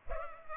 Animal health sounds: mosquito wingbeat signal from an infrared sensor; Culex pipiens

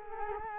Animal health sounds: mosquito wingbeat signal from an infrared sensor; Culex quinquefasciatus

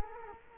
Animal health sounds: mosquito wingbeat signal from an infrared sensor; Culex quinquefasciatus

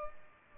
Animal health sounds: mosquito wingbeat signal from an infrared sensor; Culex pipiens

